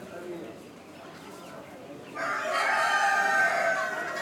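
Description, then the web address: Chicken sounds: quiet at first, then a loud, drawn-out crow with layered harmonics taking over after two seconds. Chicken hens and other birds recorded outdoors in Morocco, with voices and activity. "Morocco sound library by Faunethic - chicken hen and bird outdoor, voices and activity"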